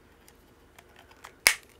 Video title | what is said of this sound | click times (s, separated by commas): LED MASK UNBOXING, DEMO & COMPARISONS - WHICH ONE SHOULD YOU GET? #omnilux #LEDmask #REDLIGHT | until you hear a snap this is a USB type c cable so | 1.5 s